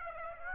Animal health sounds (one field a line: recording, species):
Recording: mosquito wingbeat signal from an infrared sensor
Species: Aedes aegypti